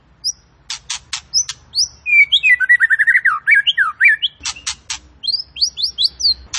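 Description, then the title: White-rumped shama singing sharp clicks and high upslurred whistles, then a quick run of twisting slurred notes, before further clicks and bright rising whistles; low hum underneath. Fighter bird, quick to become agitated. "Murai Fighter Cepat Emosi. Murai Petarung Cepat Emosi"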